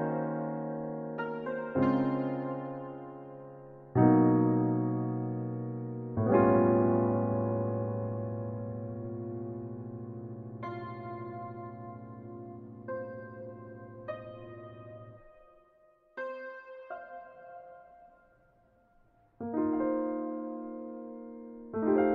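A slow soundtrack piece of struck chords, each hitting sharply and then ringing out and fading over several seconds. New chords land around 2, 4, 6 and 19 seconds, with a warm low tone held through the middle. Sparser, higher melody notes fill a quieter stretch after 15 seconds.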